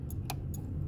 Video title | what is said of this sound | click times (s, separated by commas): How to string the Bobbin correctly | like that you hear a click when you do it again take the bobbin | 0.3 s